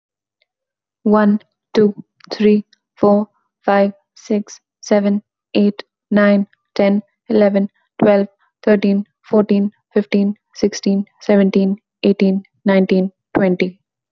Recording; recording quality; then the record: counting at a normal pace; excellent, no background noise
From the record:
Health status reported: healthy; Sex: female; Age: 22 years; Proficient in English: yes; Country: India